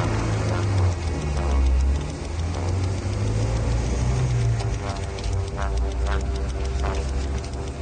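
A car engine hums steadily throughout a ride, a continuous low drone with slight rises and dips in pitch, and a faint ticking in the background. No one speaks.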